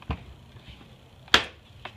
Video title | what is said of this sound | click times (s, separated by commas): 2015-04-08 How I Tension a Chainsaw Chain | you heard that click and that's free | 1.3 s